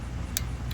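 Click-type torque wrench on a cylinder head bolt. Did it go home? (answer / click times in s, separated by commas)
yes / 0.4 s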